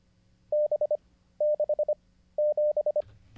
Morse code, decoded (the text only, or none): B67